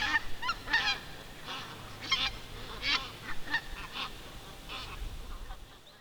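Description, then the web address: Greater white-fronted goose: white-fronted geese giving yelping, laughing calls in short bursts separated by quieter spells, several birds overlapping over a soft background hiss. Recorded 4 October 2020. "fagelljud 20201004 blasgas"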